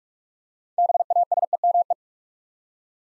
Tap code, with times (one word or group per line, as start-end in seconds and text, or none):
none